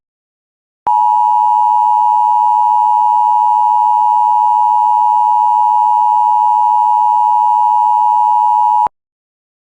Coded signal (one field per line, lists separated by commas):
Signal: Emergency Alert System (SAME) tones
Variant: 853 and 960 Hz attention tone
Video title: EAS law enforcement warning for wjon